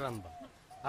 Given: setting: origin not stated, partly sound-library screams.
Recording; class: one-second piece from a danger detection set; normal situation